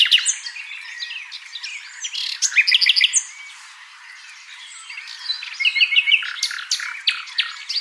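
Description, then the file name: Common nightingale: varied songbird phrases of quick chirps, whistled notes and short rattles, dipping quieter in the middle before rising again. "Luscinia megarhynchos"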